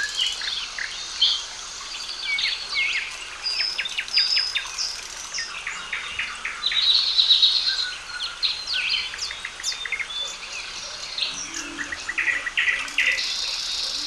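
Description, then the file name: Birds chattering and singing together, with quick high chirps, thin whistles and short trills spread evenly through a continuous chorus. Calm birdsong. "Calm Singing Birds Zone"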